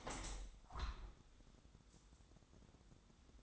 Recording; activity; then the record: daily activity, microphone in the room; open window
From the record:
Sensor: 3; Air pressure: 1000.5 hPa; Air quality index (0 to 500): 152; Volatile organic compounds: 3 ppm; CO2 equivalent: 1318 ppm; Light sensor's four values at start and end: 13/34/13/15 and 13/35/14/16